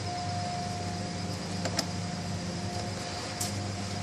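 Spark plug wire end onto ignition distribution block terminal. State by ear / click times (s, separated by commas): seated / 1.7 s, 1.8 s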